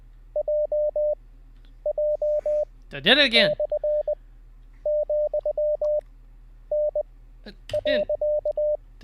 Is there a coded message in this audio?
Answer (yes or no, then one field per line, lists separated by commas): yes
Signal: Morse code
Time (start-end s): 0.4-8.8 s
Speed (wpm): 20 wpm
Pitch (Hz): 600 Hz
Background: speech, radio noise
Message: J J E/ , N .